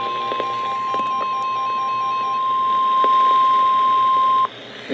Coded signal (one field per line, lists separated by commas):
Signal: Emergency Alert System (SAME) tones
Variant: 1050 Hz attention tone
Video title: INALIENABLE SEVERITY... Severe Weather EAS Alerts from July 3rd, 2025 SLGT Risk (EAS #2,067-2,103)